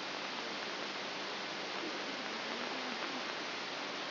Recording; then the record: brain microelectrode recording played as sound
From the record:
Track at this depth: inside the subthalamic nucleus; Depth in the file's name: 0.007 mm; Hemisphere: left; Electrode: 3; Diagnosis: Parkinson's disease